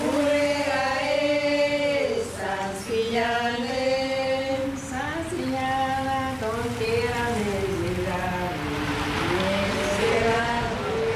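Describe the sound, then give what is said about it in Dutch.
Scooter and car engines whine past one after another on a street in Bonaire where people are walking, their buzzing pitch rising and falling as each goes by, with a steady loud rumble of traffic underneath. “Ja, je ziet hier mensen lopen, er rijden scooters langs, auto's, er worden foto's gemaakt.”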